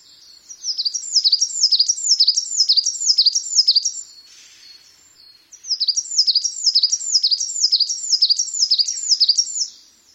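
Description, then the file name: Coal tit song: high, bright two-note phrases repeated rapidly in two bursts of about three to four seconds each, separated by a short pause, with a quiet background. "higara"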